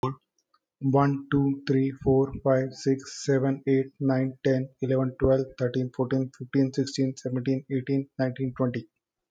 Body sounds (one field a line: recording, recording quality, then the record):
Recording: counting at a fast pace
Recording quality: excellent, no background noise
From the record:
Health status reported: healthy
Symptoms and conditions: none ticked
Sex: male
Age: 33 years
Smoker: not ticked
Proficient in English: yes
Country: India